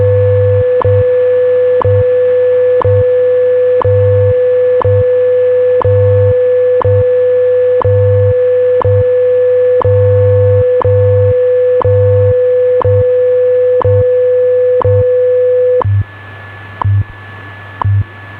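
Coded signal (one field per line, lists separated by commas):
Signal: radio time signal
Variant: WWV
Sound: sharp tick each second over a steady mid tone that stops near the end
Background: radio static, low hum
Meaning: Each tick marks one second; the steady tone is WWV's audio tone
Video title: WWV 2500 kHz - Tecsun PL365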